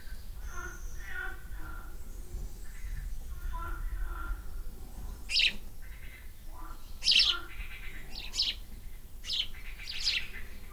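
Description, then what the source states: Swallow calls: soft low twittering at first, then a run of sharp high chirps in the second half over a low background hum. Nest in an air vent.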